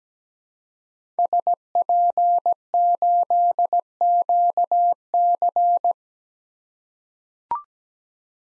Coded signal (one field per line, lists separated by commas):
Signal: Morse code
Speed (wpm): 17 wpm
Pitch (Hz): 700 Hz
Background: none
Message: SP8QC